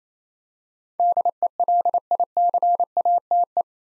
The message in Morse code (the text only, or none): DELICATE